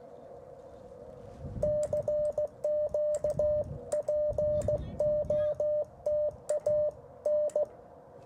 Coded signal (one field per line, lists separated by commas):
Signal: Morse code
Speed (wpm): 16 wpm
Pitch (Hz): 600 Hz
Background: none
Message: CQ POTA N